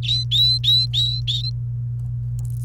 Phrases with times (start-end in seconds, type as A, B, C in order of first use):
0.03-1.42 A